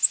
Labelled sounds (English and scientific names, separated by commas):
Nashville Warbler (Leiothlypis ruficapilla) flight call